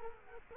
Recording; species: mosquito wingbeat signal from an infrared sensor; Culex quinquefasciatus